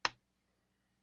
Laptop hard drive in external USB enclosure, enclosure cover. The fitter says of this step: slide it in until it snaps and close and snap this